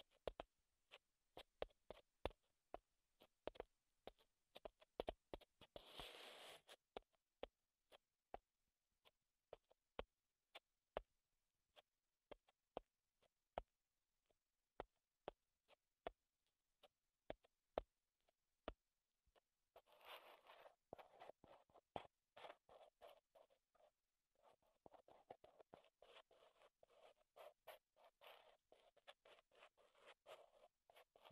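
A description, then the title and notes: Sharp wooden taps and clicks land throughout, sometimes sparse and sometimes in quick runs. Around six seconds a short burst of bright scratching cuts in, and from about twenty seconds on, a rougher, steady scraping and rubbing continues beneath the taps to the end. ASMR Wood Triggers in Your Ears (No Talking).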